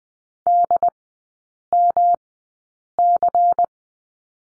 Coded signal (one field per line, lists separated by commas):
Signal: Morse code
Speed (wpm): 20 wpm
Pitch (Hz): 700 Hz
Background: none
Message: DMC